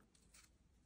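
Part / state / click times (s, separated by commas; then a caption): extended camera mount into handlebar computer mount quick lock / not seated / none. A Framesandgear CNC aluminum extended out-front GoPro camera mount is handled and pushed toward the quick lock system on a handlebar bike computer mount. Faint high rubbing and scraping noises rise to a brief, brighter burst around 0.35 s, then settle back to low handling noise. Nothing has seated or clicked yet.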